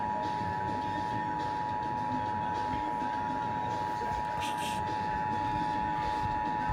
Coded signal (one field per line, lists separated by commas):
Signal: Emergency Alert System (SAME) tones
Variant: 853 and 960 Hz attention tone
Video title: EAS #90 Illinois Communications Drill